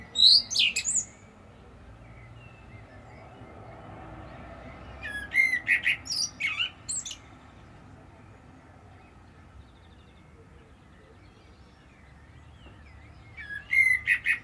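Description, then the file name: Common blackbird song: three short phrases spaced several seconds apart, each with thin, high squeaky notes, with quiet between. "Turdus merula"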